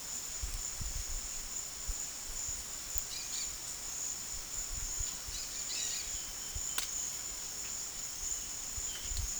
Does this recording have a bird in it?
yes